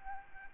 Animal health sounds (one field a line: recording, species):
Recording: mosquito wingbeat signal from an infrared sensor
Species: Aedes albopictus